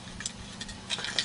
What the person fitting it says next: You might have heard it go click, that was the ball clicking in.